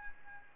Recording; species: mosquito wingbeat signal from an infrared sensor; Aedes albopictus